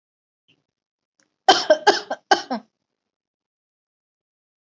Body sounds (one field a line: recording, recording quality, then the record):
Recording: shallow voluntary cough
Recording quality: excellent, no background noise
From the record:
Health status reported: healthy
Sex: female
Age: 27 years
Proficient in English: yes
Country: India